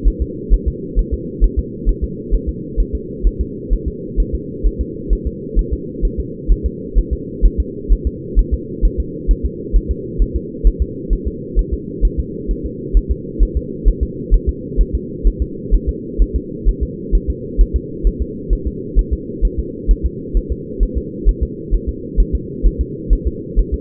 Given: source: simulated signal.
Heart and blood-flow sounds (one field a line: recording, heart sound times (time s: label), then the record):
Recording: fetal heart sounds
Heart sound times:
0.08 s: S1
0.22 s: S2
0.54 s: S1
0.68 s: S2
0.99 s: S1
1.14 s: S2
1.44 s: S1
1.59 s: S2
1.89 s: S1
2.04 s: S2
2.34 s: S1
2.49 s: S2
2.80 s: S1
2.95 s: S2
3.27 s: S1
3.41 s: S2
3.73 s: S1
3.88 s: S2
4.20 s: S1
4.35 s: S2
4.66 s: S1
4.81 s: S2
5.13 s: S1
5.27 s: S2
5.59 s: S1
5.73 s: S2
6.05 s: S1
6.20 s: S2
6.52 s: S1
6.66 s: S2
6.98 s: S1
7.13 s: S2
7.45 s: S1
7.60 s: S2
7.92 s: S1
8.07 s: S2
8.39 s: S1
8.54 s: S2
8.85 s: S1
9.00 s: S2
9.31 s: S1
9.46 s: S2
9.76 s: S1
9.91 s: S2
10.22 s: S1
10.36 s: S2
10.67 s: S1
10.82 s: S2
11.13 s: S1
11.27 s: S2
11.59 s: S1
11.73 s: S2
12.05 s: S1
12.20 s: S2
12.51 s: S1
12.66 s: S2
12.97 s: S1
13.11 s: S2
13.43 s: S1
13.57 s: S2
13.88 s: S1
14.03 s: S2
14.34 s: S1
14.49 s: S2
14.81 s: S1
14.95 s: S2
15.27 s: S1
15.42 s: S2
15.74 s: S1
15.89 s: S2
16.22 s: S1
16.36 s: S2
16.69 s: S1
16.83 s: S2
17.15 s: S1
17.30 s: S2
17.61 s: S1
17.76 s: S2
18.07 s: S1
18.22 s: S2
18.53 s: S1
18.67 s: S2
18.99 s: S1
19.13 s: S2
19.45 s: S1
19.59 s: S2
19.91 s: S1
20.06 s: S2
20.37 s: S1
20.52 s: S2
20.83 s: S1
20.98 s: S2
21.29 s: S1
21.43 s: S2
21.74 s: S1
21.89 s: S2
22.20 s: S1
22.35 s: S2
22.66 s: S1
22.81 s: S2
23.13 s: S1
23.27 s: S2
23.59 s: S1
23.74 s: S2
From the record:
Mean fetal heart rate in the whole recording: 130 bpm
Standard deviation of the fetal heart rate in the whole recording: 2 bpm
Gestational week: 36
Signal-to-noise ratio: -4.1 dB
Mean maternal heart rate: no maternal heart sound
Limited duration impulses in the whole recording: absent